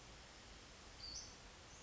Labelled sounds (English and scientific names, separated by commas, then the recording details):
Western Flycatcher (Empidonax difficilis)
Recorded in Sonoma County, California